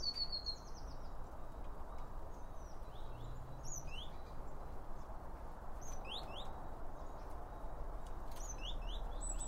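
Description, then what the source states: Bird chirps, short high rising and falling notes scattered throughout alongside an opening trilled whistle, over low continuous rumble. Birds around a bird feeder, recorded with two OM 1 microphones from Line Audio.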